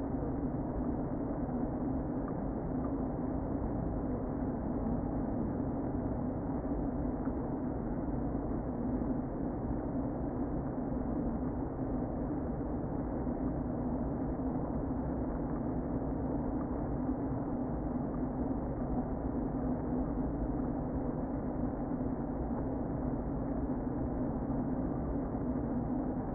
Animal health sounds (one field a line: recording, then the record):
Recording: honeybee colony, microphone inside the hive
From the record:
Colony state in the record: queen present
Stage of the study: before two queens were removed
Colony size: about 60,000 bees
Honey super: yes